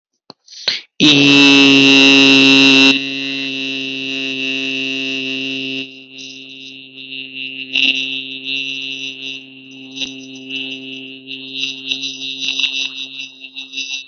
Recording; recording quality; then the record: sustained vowel as in beet; excellent, no background noise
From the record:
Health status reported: healthy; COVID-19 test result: negative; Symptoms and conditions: none ticked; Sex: male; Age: 18 years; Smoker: not ticked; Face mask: worn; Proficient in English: yes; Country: India